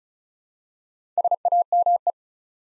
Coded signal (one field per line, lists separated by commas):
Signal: Morse code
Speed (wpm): 36 wpm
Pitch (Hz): 700 Hz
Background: none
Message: SAME